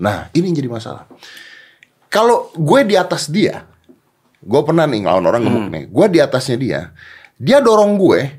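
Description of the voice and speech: A man speaks casual Indonesian at a relaxed pace in short phrases separated by brief pauses, with a clear, steady mid-pitched voice. Articulation is fluent and ordinary, with no audible blocks, repetitions or slurring. Normal conversational speech.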